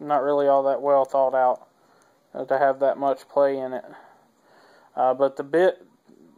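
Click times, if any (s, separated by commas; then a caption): none. A hex driver bit is being handled at the bit driver of a CRKT CTC Picatinny multi-tool, which has a strong magnet to pull it home. Someone talks throughout, with short quiet pauses between phrases. Nothing has seated or clicked yet.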